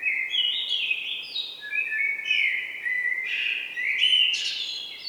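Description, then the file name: Common blackbird song, a run of rich fluted warbling phrases shifting up and down in pitch, ending in higher squeaky twitters, over soft background hiss. "Turdus merula"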